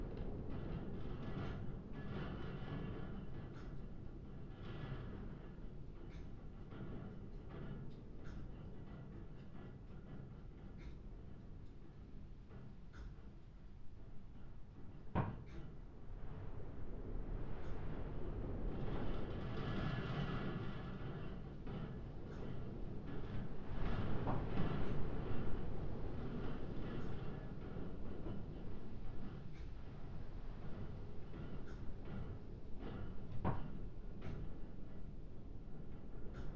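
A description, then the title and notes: Inside a church, a low steady murmur of room tone and activity fills the space, rising gently in loudness around the middle and holding through the end. Scattered knocks, creaks and soft footfall-like taps recur every few seconds, with a sharper thud near fifteen seconds. St Mary’s Church in Rye. An aural presence of St Mary's church. This passage of time is as it happened, from midnight to 1am.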